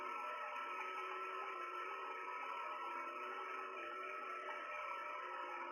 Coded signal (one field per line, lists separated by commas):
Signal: FT8